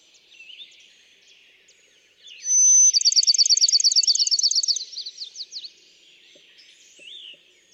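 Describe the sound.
Bachman's sparrow singing: a pure whistled note, then a loud, rapid trill of evenly spaced notes for about two seconds, with faint chirps from other birds.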